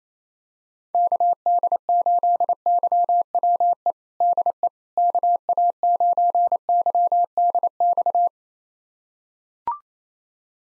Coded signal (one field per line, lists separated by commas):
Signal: Morse code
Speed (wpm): 27 wpm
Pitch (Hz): 700 Hz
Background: none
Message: KD8YWE DE KA9YDX